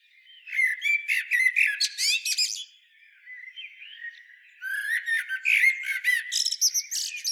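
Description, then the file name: Common blackbird delivering fast, scratchy chattering notes mixed with thin whistles, a softer lull midway, then another dense burst of twittering. "Turdus merula"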